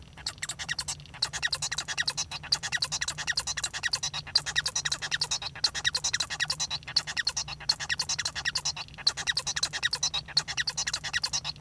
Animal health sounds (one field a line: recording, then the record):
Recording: song of a male Bengalese finch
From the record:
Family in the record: son of father 1